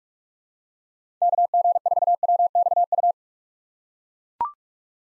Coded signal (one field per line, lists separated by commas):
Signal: Morse code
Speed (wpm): 42 wpm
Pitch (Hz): 700 Hz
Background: none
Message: KG4WXU